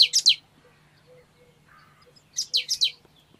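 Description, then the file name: Great tit giving two quick bursts of three or four high, scratchy descending notes, separated by a pause with faint low background sounds. "Parus major"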